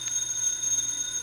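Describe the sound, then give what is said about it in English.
At 4 o'clock in the morning, a telephone rings with a steady, high-pitched metallic trill that holds unbroken for the whole moment, with no voices alongside. “The phone. That's a phone.”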